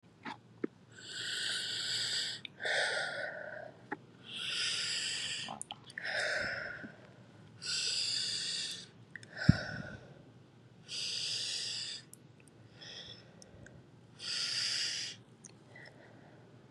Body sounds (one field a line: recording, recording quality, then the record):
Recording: shallow breathing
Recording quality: excellent, no background noise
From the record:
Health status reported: COVID-19 positive, mild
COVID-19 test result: positive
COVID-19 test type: RT-PCR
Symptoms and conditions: cough, cold, sore throat, fever, fatigue, muscle pain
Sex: female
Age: 29 years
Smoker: no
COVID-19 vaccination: both doses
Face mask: not worn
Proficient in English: yes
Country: India